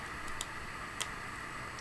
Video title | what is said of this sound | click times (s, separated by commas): Înlocuire placă de bază la telefon SAMSUNG GALAXY S6 EDGE + | făcut țac a intrat conectorul | 1.0 s